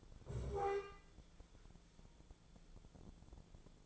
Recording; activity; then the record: daily activity, microphone in the room; stand up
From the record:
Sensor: 5